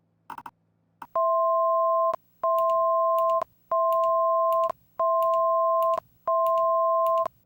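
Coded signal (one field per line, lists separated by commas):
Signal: none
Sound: flight sim warning beeps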